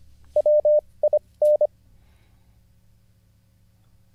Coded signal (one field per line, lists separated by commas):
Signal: Morse code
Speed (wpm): 25 wpm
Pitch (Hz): 600 Hz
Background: none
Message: WIN